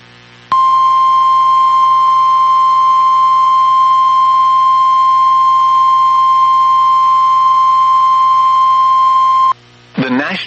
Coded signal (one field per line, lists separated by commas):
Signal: Emergency Alert System (SAME) tones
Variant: 1050 Hz attention tone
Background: speech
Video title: EAS #22 - Flash Flood Warning (May 6, 2025)